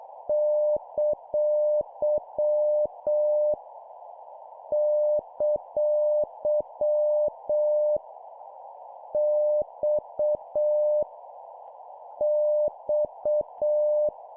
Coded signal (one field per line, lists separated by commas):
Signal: Morse code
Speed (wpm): 7 wpm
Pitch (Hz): 600 Hz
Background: none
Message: ! ! X X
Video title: 7wpm Repeat three times Random Letter Number Punctuation, CW morse code Copy Speed improvement